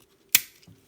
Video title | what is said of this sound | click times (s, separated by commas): Gold Lightan - Print Lightan 1982 Popy diecast robot | it clicks into place so eyes flush on both sides and then | 0.4 s